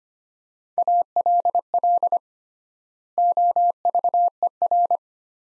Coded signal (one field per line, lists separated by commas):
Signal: Morse code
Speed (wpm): 25 wpm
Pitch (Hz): 700 Hz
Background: none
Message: ALL OVER